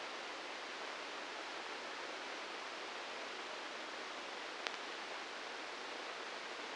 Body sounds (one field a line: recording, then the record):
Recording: brain microelectrode recording played as sound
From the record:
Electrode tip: inside the subthalamic nucleus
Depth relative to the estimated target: -3 mm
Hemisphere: right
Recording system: NeuroSet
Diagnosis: Parkinson's disease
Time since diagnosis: 15 years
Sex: female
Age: 59 years